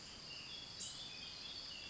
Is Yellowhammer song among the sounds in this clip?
no